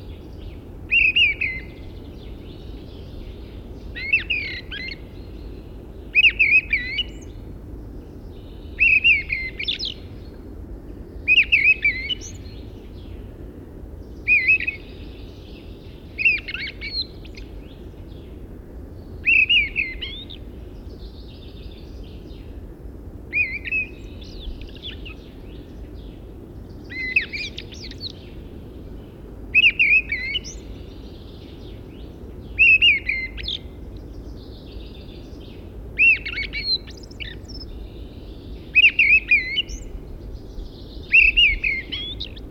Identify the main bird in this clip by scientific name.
Turdus pilaris